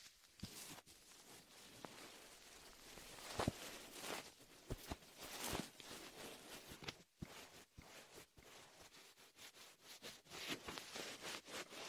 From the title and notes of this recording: Latex ear massage with shaving foam for comfort.